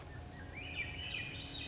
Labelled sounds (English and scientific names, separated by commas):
Swainson's Thrush (Catharus ustulatus)